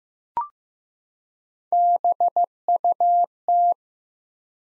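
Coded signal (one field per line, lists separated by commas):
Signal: Morse code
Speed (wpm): 15 wpm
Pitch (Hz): 700 Hz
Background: none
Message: BUT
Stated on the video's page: Morse head-copy drill of common QSO elements at 15 wpm, each sent in Morse, spoken, then sent again.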